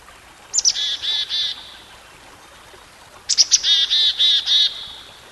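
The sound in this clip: Songbird song: a sharp high note leading into a quick buzzy pulsed phrase, repeated about three seconds later in longer form, over light hiss.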